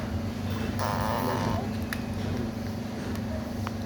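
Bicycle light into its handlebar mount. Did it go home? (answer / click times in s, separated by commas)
yes / 1.9 s, 3.7 s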